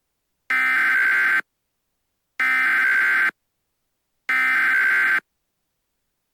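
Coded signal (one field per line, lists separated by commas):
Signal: Emergency Alert System (SAME) tones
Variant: header bursts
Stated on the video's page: A fictional EAS scenario with valid EAS tones.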